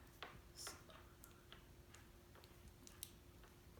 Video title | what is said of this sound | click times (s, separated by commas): APPLE WATCH SERIES 5 - UNBOXING - Serious Nerd Porn | that clicked in. | 3.0 s